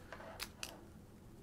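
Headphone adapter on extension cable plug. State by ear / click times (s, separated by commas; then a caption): partly seated / 0.6 s. A 1/8-inch to 1/4-inch headphone adapter is pushed onto the plug at the end of a foot-long extension cable and deliberately left short of fully home. A faint tick at 0.1 s and a brighter snap at 0.4 s lead to a sharp, crisp click at 0.6 s, followed by quiet background hiss. Despite the click, the adapter is not fully seated on the plug.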